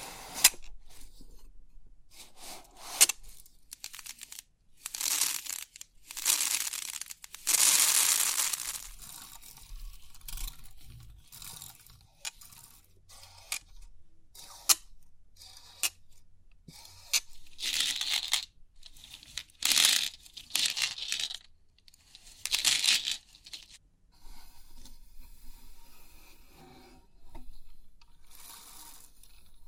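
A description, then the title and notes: A 3D pin art toy is handled with crisp, bright crinkly rustling that comes in short bursts and longer sweeping swishes, the longest around 7 to 9 seconds. Quiet gaps separate the bursts, with faint low rumbling underneath throughout. Crisp 3D Pin Art Tingles(No Talking).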